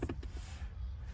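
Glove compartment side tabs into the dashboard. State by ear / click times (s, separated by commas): not seated / none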